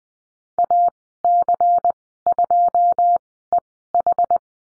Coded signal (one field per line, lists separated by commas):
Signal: Morse code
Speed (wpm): 20 wpm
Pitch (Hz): 700 Hz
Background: none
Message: AC2EH